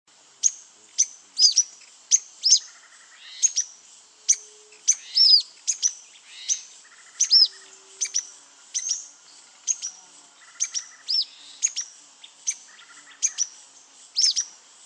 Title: LuckyPassaro Completos2Sama. Grey-headed Spinetail (Cranioleuca semicinerea)